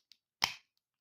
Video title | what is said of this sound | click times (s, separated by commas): Power of the Primes Cutthroat | and it sort of locks into place | 0.1 s, 0.4 s